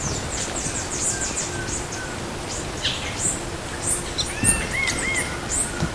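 Bird calls, scattered high chirps then a few short whistled notes near the end, set against a strong, even background hiss.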